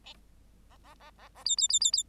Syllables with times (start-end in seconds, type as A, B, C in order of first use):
0.70-0.77 A, 0.83-0.94 A, 0.99-1.11 A, 1.18-1.29 A, 1.35-1.44 A, 1.45-1.56 B, 1.57-1.68 B, 1.69-1.79 B, 1.80-1.91 B, 1.93-2.03 B